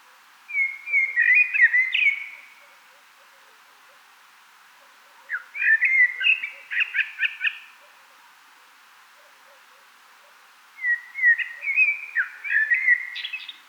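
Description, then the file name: Common blackbird delivering three leisurely warbled phrases about five seconds apart; the middle one closes with a scratchy, rapid twitter. "Turdus merula"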